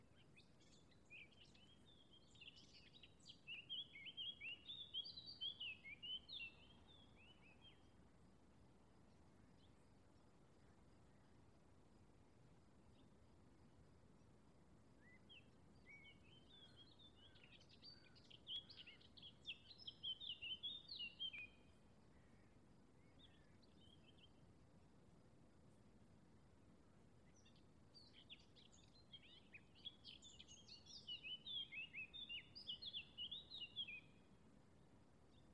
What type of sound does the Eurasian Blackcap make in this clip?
song